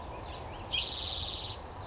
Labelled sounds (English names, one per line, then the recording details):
Spotted Towhee
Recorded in Sonoma County, California